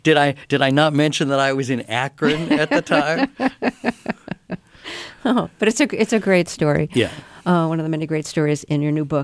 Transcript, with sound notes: Did I not mention that I was in Akron at the time?
(Laughter) Oh, but it's a great story.
Yeah.
One of the many great stories in your new book.